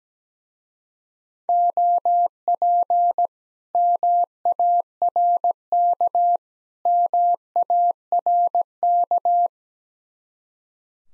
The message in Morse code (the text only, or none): OP MARK MARK